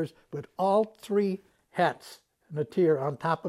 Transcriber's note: none